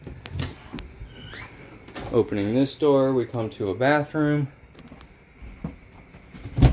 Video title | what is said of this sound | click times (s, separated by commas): 4617-P: 2022 Heartland Road Warrior | and it snaps back into place. | 0.3 s, 0.8 s